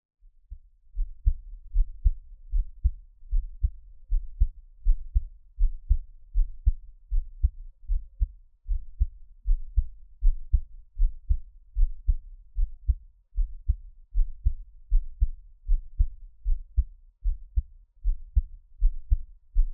Heartbeat.